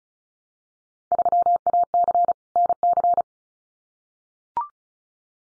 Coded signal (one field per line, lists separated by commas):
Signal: Morse code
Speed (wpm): 34 wpm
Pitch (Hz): 700 Hz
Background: none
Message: 3AC NC